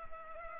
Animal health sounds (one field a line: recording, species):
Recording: mosquito wingbeat signal from an infrared sensor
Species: Culex pipiens